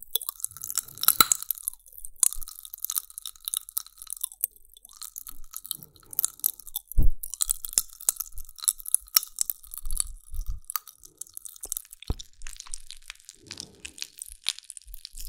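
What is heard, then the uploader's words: Eating with a steady run of crisp, crunchy bites and chewing, packed densely with sharp crackles throughout. Louder snaps stand out near the start, around seven seconds and at twelve seconds. A faint thin tone comes and goes in the background. ASMR EATING SOUNDS 5 ASMR FOODS (No Talking).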